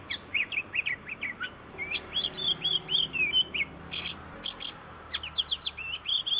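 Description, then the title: Oriental magpie-robin song of lively whistled notes and fluty slurs, given in quick phrases with short gaps between them. "KACER MASTER"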